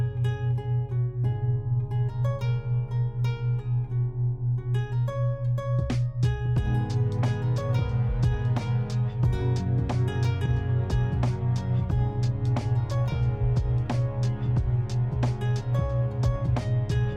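Binaural beats: a steady low hum under soft sustained chords, with a quick tapping rhythm joining after about six seconds.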